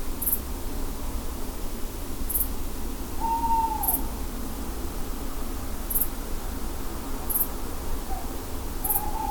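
Soft owl hoots, a falling note in the first half and two shorter ones toward the end, over a low background hum and faint high clicks.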